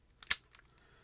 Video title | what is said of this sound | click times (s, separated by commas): Abus 83 Series - Introduction and explanation | nice clicks on these that's one of the rewarding parts of these 83s they all have a nice shackle pop when you get them open but | 0.3 s